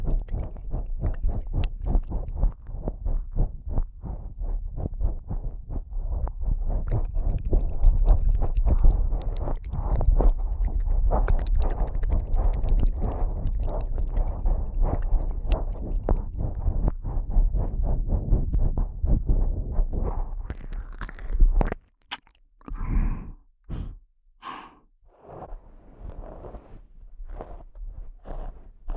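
Eating with chewing sounds: a dense run of wet, crunching bites and mouth noises fills the first twenty-one seconds, low and thick with quick irregular clicks. After that it breaks into sparse, separate bursts with silent gaps, a few brighter and sharper.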